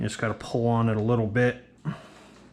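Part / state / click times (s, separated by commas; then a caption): bent retaining piece into groove of model airplane aileron hatch / not seated / none. Someone talks while pulling a little on a bent retaining piece on the aileron hatch of an EMHW 2.43m 47% Pitts Special RC plane, working it toward a groove made during the build. After the talking stops, a brief low sound comes near 1.9 s and then a quiet tail. Nothing has seated or clicked yet; the piece is still being handled and has not gone into the groove.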